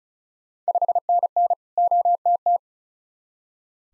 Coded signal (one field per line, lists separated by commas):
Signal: Morse code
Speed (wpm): 34 wpm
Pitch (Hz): 700 Hz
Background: none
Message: 5NN OTT